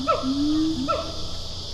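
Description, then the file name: Siamang pair call: tonal hoots that swoop up and down, with a longer note between two sharply bent phrases, over a steady background hiss. "Animal Gibbon Siamang pair call"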